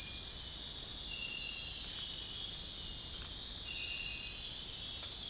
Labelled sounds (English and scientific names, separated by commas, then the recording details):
none
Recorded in dense forest near Puerto Asís, Putumayo, Colombia, on 21 March 2025 at 04:00
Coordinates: 0.485, -76.318
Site G056